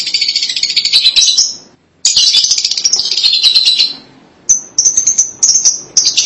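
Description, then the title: Lovebird chatter: two long stretches of buzzy, fast-pulsed shrill twittering separated by a short silence, followed by a run of sharp high chirps. "BM Suara Burung Lovebird"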